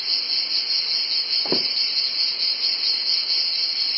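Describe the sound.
Cicada chorus, an unbroken shrill buzz with a faint pulsing shimmer and one brief low thump.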